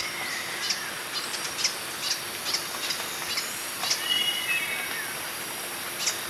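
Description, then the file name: Green hermit giving sharp, high, thin single notes at irregular intervals, over a hissing background with a few softer, lower sounds. "Phaethornis guy - Green Hermit"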